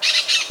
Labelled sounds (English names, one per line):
Brown-throated Parakeet contact call